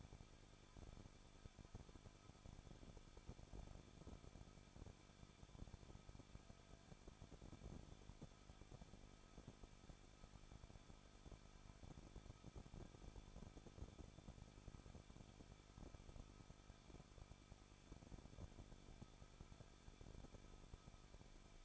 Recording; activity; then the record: daily activity, microphone in the room; no activity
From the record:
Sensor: 5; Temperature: 20.8 degrees Celsius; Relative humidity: 38.6%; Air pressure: 1006.5 hPa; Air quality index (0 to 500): 192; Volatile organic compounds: 21 ppm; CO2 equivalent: 2712 ppm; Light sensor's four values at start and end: 2/3/1/1 and 2/3/1/1